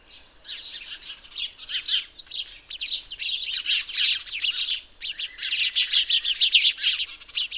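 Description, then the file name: House sparrow chirps, a dense run of harsh, overlapping chirps going almost continuously, with a couple of brief lulls. "Passer domesticus"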